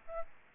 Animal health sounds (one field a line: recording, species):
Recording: mosquito wingbeat signal from an infrared sensor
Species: Aedes albopictus